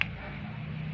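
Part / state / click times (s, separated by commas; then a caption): fastening on a handmade bird trap / seated / 0.0 s. One end of the fastening on a handmade waterhen trap is pulled tight, giving a single sharp click at 0.0 s as it locks in place, followed by a steady low background hum. The fastening is seated and locked.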